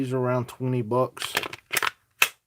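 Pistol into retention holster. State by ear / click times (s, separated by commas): seated / 2.2 s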